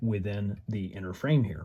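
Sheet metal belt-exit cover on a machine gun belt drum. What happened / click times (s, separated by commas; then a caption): Handled, not yet home: sheet metal cover not yet locked / none. A man talks while the sheet metal belt-exit cover on a machine gun belt drum is handled; the spring-loaded tab is pressed and the cover is slid shut toward its locking hole in the inner frame. Only speech is heard, and nothing has seated or clicked yet.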